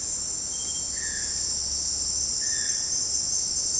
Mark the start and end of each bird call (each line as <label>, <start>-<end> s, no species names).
bird call, 0.91-1.54 s
bird call, 2.46-2.98 s